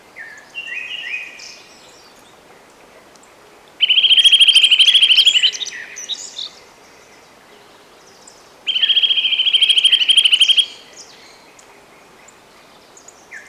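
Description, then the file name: Eurasian nuthatch giving rapid trilled calls, two loud bursts of fast repeated high notes about two seconds each, with fainter bird chirps between. "Sitta europaea"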